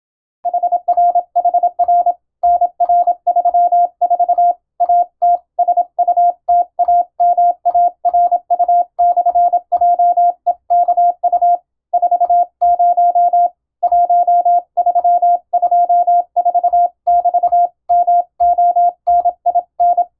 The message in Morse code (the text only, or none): HRHR NR34 ATSUTAMARU/JEKU 40 1324<BT>MONIN